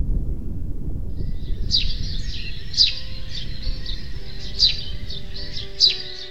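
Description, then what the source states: Eurasian tree sparrow chirps: several short, bright notes in an irregular series over a steady low rumble. 'Chilp chilp' call, played back from a device because the bird could not be heard live.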